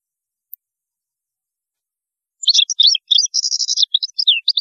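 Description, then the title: European goldfinch song starting after a silent pause: rapid liquid twittering with a grating buzzy trill in the middle and falling notes at the end. "Chant Chardonneret"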